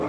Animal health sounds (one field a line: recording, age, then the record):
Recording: pig call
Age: growing-finishing pig (85 days or more)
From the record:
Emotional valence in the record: positive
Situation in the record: run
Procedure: transit